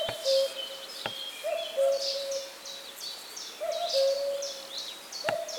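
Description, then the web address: Common cuckoo repeating a clear two-note cu-coo, a short higher note then a longer lower one, about every two seconds, with thin high birdsong and sharp clicks behind. Recorded on 10 June 2018. "fagelljud 20180610 gok"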